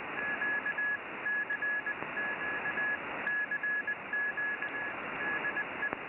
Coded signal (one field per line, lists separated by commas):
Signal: Morse code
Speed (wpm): 20 wpm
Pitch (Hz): 1700 Hz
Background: none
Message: QCQ CQ DE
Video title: IZ1ASM/QRP on 20 meter CW